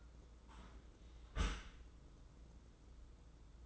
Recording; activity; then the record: daily activity, microphone in the room; close dishwasher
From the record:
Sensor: 3